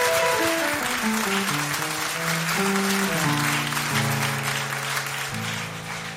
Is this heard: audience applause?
yes